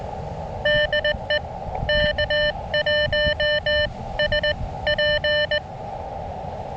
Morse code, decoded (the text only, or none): DE K1SP